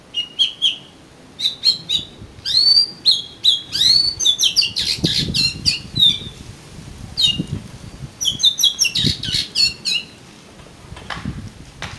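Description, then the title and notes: Oriental magpie-robin song: a long, rich medley of sweet whistles, sliding notes and scratchy chatter delivered almost continuously. "suara kacer. kumpulan suara burung kacer"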